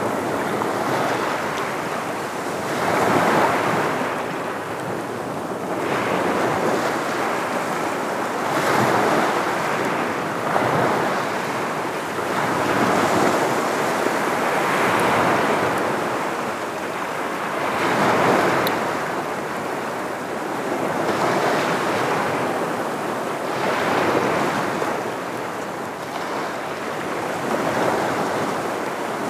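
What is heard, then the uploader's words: Waves break on rocks in a steady rolling wash, surging roughly every three seconds, with a dense hiss and some wind rumble underneath. Field sound recording from the shoreline of Moreton Bay at Scarborough, Queensland, Australia. Audible sounds include waves breaking on rocks, water in rock-pools. Sound recording by G R Legge, 24bit/48kHz on a Zoom H5 with included microphone capsule.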